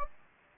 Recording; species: mosquito wingbeat signal from an infrared sensor; Anopheles gambiae